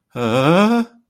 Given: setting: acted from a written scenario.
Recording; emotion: vocal sound without words; distress